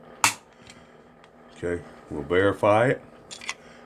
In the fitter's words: and push this floor plate back on there until it snaps